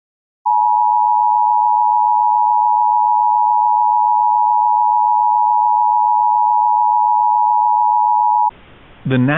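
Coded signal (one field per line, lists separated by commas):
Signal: Emergency Alert System (SAME) tones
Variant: 853 and 960 Hz attention tone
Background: speech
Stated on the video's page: Reenacted mock of a real NWS Austin/San Antonio severe thunderstorm warning, not a live recording.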